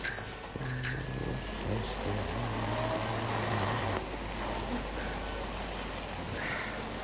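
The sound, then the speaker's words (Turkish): A truck rumbles past on a road, a steady broad roar with a low droning engine tone, while a few brief high ringing notes sound near the start. “Dikkat Zihni Bey, kamyon geliyor. Tamam duydum sesini.”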